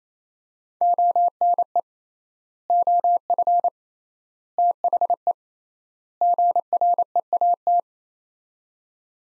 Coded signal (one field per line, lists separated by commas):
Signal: Morse code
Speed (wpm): 27 wpm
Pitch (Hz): 700 Hz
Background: none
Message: ONE OF THE GREAT